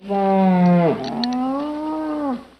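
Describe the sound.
Deer call: one drawn-out, harmonic moaning bellow. It holds low, drops sharply just before one second, then rises gently and fades away.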